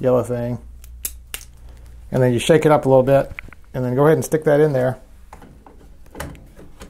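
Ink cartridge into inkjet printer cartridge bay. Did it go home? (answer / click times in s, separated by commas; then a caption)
yes / 6.2 s. A shaken generic replacement ink cartridge, its yellow tab removed, is pushed into the cartridge slot of an Epson WorkForce Pro WF-4833 printer while someone talks. Sharp plastic ticks come at about 1.0 and 1.3 seconds. The cartridge clicks home and latches into place at 6.2 seconds.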